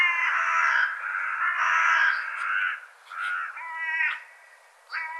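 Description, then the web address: Bird calls: long raspy grating phrases run together, followed by shorter nasal notes spaced about a second apart. "cianscape birddata"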